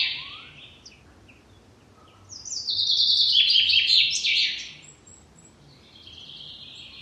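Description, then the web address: Common chaffinch song: one bright, rapid trill of chirpy notes ending in a short flourish, with fainter sounds before and after. "Deverinetal"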